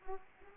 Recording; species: mosquito wingbeat signal from an infrared sensor; Anopheles arabiensis